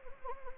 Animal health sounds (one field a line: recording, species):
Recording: mosquito wingbeat signal from an infrared sensor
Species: Anopheles gambiae